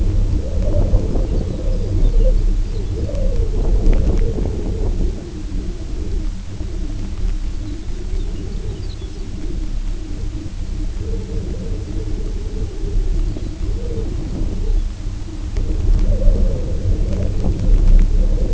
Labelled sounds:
Lapland Longspur (Calcarius lapponicus)
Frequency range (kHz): Lapland Longspur (Calcarius lapponicus) 1.9-5.7 kHz
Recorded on Arctic tundra, site UTQI-0, on 19 June 2018
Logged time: 22:00

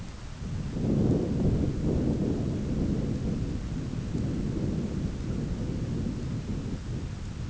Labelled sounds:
none
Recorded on Arctic tundra, site ZACK-1, on 11 June 2019
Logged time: 11:49

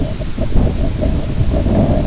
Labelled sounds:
none
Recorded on Arctic tundra, site IGLO-B, on 22 June 2018
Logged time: 21:59

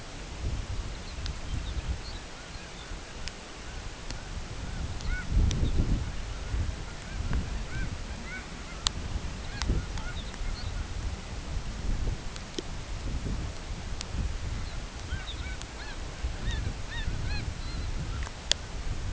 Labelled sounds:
Lapland Longspur (Calcarius lapponicus), unidentified sound
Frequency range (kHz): Lapland Longspur (Calcarius lapponicus) 2.6-5.2 kHz
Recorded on Arctic tundra, site CORI-1, on 13 June 2018
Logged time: 16:00

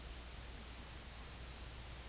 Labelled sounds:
none
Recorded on Arctic tundra, site IGLO-A, on 24 June 2018
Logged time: 23:59

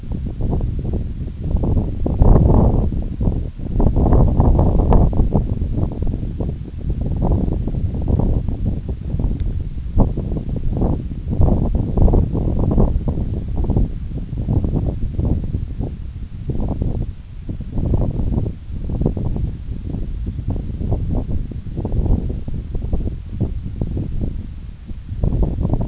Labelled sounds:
none
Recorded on Arctic tundra, site NAIT-1, on 26 June 2019
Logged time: 16:00

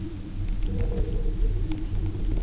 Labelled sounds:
none
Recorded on Arctic tundra, site UTQI-0, on 27 June 2018
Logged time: 04:00

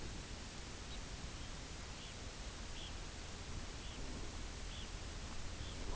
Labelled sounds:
unidentified sound, Red Phalarope (Phalaropus fulicarius)
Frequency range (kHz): Red Phalarope (Phalaropus fulicarius) 1.7-4.8 kHz
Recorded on Arctic tundra, site UTQI-0, on 17 June 2019
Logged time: 18:00

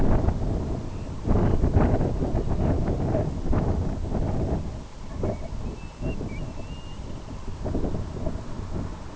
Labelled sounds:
Dunlin (Calidris alpina), unidentified sound, Grey Plover (Pluvialis squatarola), Semipalmated Sandpiper (Calidris pusilla)
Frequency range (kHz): Dunlin (Calidris alpina) 2.1-3.7 kHz; Grey Plover (Pluvialis squatarola) 0.8-4.0 kHz; Semipalmated Sandpiper (Calidris pusilla) 2.2-3.7 kHz
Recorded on Arctic tundra, site IGLO-B, on 27 June 2018
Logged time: 03:59

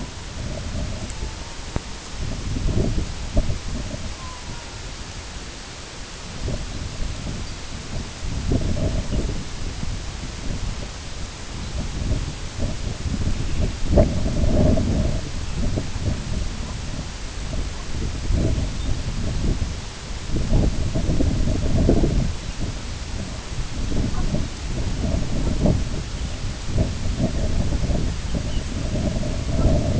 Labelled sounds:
Red-throated Loon (Gavia stellata), unidentified sound
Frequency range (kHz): Red-throated Loon (Gavia stellata) 0.1-2.0 kHz
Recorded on Arctic tundra, site IGLO-B, on 22 June 2018
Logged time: 21:59

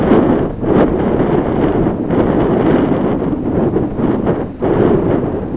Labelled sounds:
none
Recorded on Arctic tundra, site ZACK-1, on 16 June 2019
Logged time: 07:49

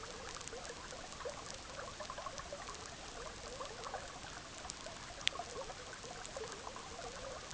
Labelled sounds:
none
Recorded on Arctic tundra, site EABA-MC, on 18 June 2019
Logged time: 06:00

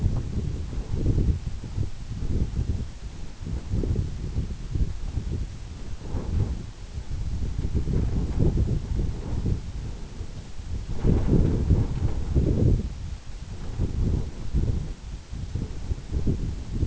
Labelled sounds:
none
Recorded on Arctic tundra, site EABA-1, on 26 June 2018
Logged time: 00:00

